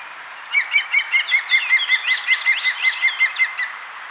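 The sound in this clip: European green woodpecker laughing call: a fast, even series of many ringing, yelping notes, steady in pitch.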